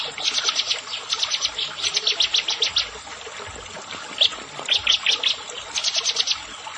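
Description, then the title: Prinia song: rapid trains of bright, high notes in several runs with brief gaps. "Ciblek Sawah"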